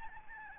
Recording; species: mosquito wingbeat signal from an infrared sensor; Aedes albopictus